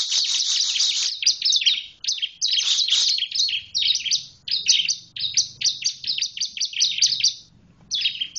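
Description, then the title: Bar-winged prinia song: rapid rattling trill opening into a series of separate high chirping phrases, each a cluster of sharp descending notes, with faint low hum beneath. "Suara Burung Ciblek"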